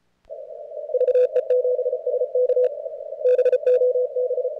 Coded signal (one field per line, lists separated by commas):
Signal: Morse code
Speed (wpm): 36 wpm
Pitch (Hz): 500 Hz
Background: none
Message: VE7SK BOB